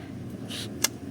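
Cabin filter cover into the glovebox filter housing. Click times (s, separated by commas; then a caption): 0.8 s. A plastic cabin air filter cover on an Isuzu mu-X LS (made in Thailand) is pressed in at its side into the glovebox filter housing, with a brief soft hiss around 0.5 to 0.7 seconds over a low background rumble. A single sharp click at 0.9 seconds marks the cover locking into place, confirming it is seated.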